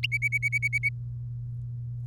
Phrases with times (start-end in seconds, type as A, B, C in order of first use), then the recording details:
0.03-0.89 A. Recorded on 3 May 2018 at 08:38. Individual llb3